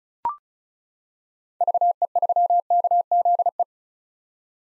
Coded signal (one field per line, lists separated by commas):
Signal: Morse code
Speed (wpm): 36 wpm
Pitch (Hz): 700 Hz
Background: none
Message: VE3KZE